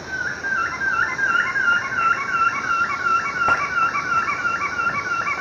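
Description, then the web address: Undulated antshrike song: a long, steady series of mid-pitched hooting notes, about three per second, with a faint upper overtone, over a soft hiss. Recorded in the eastern lowlands of South America. "Natures Songs S America Eastern Lowlands. Frederickena unduligera, song"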